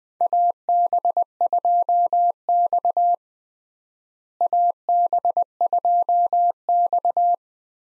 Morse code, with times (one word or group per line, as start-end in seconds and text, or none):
0.2-3.1 AB2X
4.4-7.3 AB2X